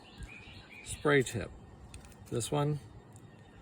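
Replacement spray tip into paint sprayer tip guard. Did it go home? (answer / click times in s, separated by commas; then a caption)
no / none. Someone talks while trying to push a non-matching replacement airless spray tip into the tip guard of a Wagner Pro Airless Paint Sprayer; a small knob on the tip keeps it from fitting, whereas the original tip pops right in. Nothing has seated or clicked yet; the wrong tip does not go in.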